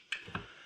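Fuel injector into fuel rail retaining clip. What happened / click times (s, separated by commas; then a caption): The injector snapped into its retaining clip / 0.1 s. A fuel injector fitted with new O-rings is wiggled and pushed into its retaining clip on the fuel rail, giving a sharp click at 0.1 s and a second, softer click at 0.35 s. The injector is seated in the clip.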